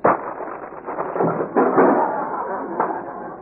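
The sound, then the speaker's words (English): A wooden chair, the only one in the county, cracks and gives way under someone: a sharp snap followed by splintering creaks and a few more crunching thuds over several seconds, fairly loud and muffled. “Well, there goes the chair.”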